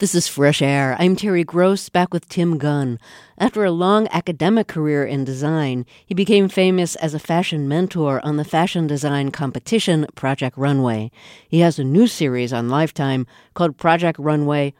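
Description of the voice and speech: Fluent adult woman speaking at an even, relaxed pace as she introduces her guest Tim Gunn: typical, clear speech.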